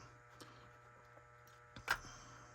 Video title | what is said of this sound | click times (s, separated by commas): Assembly, History and Review of Marklin 45600 WM Flat Car Set With Caboose Suggestion. | And then just almost like slides and locks in place. | 1.8 s, 1.9 s